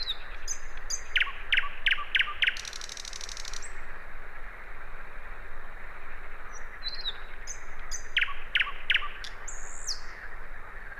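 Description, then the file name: Common nightingale repeating loud sharp notes in a quick series of five, then a buzzy burst; after a pause another series of three and a high whistle, low hum throughout. "Luscinia megarhynchos"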